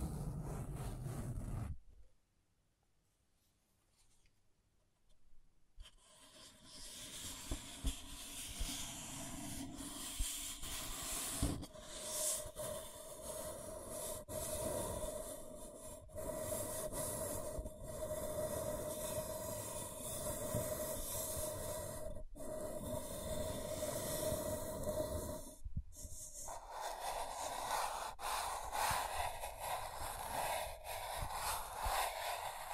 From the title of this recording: Scratching & Tracing